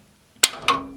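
A metal drawer slide is pushed into a rolling US General Pro tool chest and clicks into place with a sharp click at 0.4 s. A second, softer knock follows at about 0.7 s, leaving a faint ringing tone, and the slide is seated.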